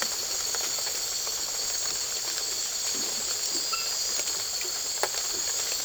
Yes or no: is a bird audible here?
no